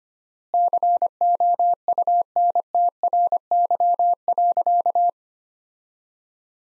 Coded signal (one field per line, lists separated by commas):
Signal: Morse code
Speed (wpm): 25 wpm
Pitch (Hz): 700 Hz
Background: none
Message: COUNTRY.